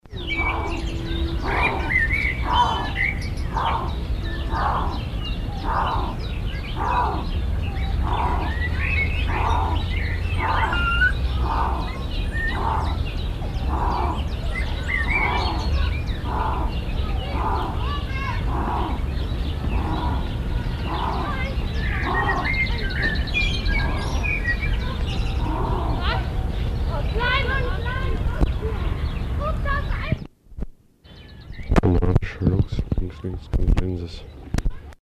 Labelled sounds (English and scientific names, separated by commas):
Canadian Lynx (Lynx canadensis) call